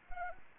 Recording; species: mosquito wingbeat signal from an infrared sensor; Anopheles arabiensis